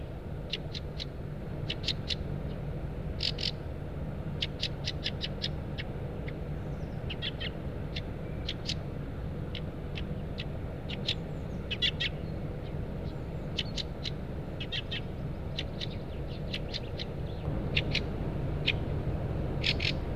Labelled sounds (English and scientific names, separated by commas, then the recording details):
Fieldfare (Turdus pilaris) call
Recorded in the wild
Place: Monheim am Rhein, Nordrhein-Westfalen, DE
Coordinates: 51.09, 6.89
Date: 1995-04-22
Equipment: Sony WM-D6C
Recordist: Skiba, Reinald